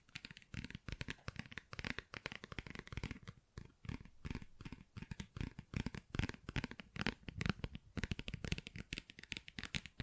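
Fast tapping and scratching on textured surfaces, a dense stream of sharp, crisp clicks and rustles that fill nearly every moment. The rhythm is quick and irregular, with brief lulls around four and eight seconds before the busy tapping resumes.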